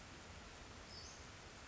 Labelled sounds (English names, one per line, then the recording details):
Western Flycatcher
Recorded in Sonoma County, California